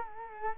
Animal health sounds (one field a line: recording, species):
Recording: mosquito wingbeat signal from an infrared sensor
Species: Culex quinquefasciatus